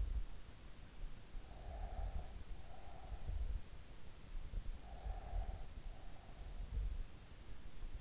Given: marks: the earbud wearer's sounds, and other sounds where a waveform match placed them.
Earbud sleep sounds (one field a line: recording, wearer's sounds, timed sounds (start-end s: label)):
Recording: sounds in sleep by an in-ear microphone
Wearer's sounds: breath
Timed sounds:
1.37-3.30 s: breath
4.89-6.93 s: breath